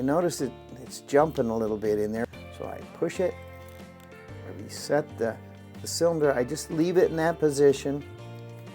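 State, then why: Not seated. A rekey tool is pushed into a Kwikset SmartKey door lock cylinder to reset it into a mode that will accept any key, while someone talks over background music. Nothing has seated or clicked yet.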